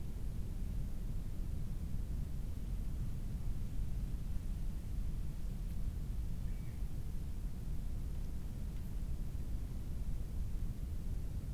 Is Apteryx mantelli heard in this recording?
no